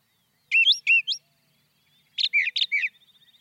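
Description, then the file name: Brown thrasher song: two short bursts of paired, slurred phrases separated by a pause, ending with faint rapid ticking. "suara kicauan brown thrasher. omkicau"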